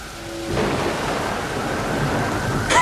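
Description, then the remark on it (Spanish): A steady wash of heavy rain with a deep rumble of thunder rolling underneath, loud and continuous, with a brief bright tone at the start and another near the end. “Obedeciendo las órdenes del Rey Sol, las nubes se llenaron de agua, los truenos y relámpagos se prepararon para un ataque total y a la orden de ataque de Flip, empezaron a actuar.”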